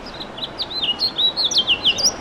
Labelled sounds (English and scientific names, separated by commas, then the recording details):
House Finch (Haemorhous mexicanus) song
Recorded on Long Island, New York, on 2 June 2012
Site CP
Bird B